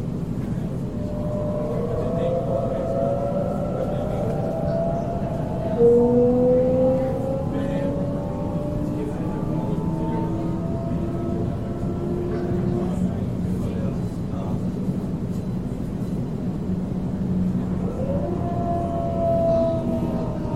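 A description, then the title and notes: A Sydney train rolls along with a steady, dense low rumble that holds level throughout. Long whining tones glide slowly upward and sag across the middle, with a brief sharper squeal near six seconds, and fainter clicks and voice-like murmurs scattered over the din. シドニー市内へ向かう電車の音. 今回も最新版をPCM録音ステレオでお送りします. Sound of Sydney Train.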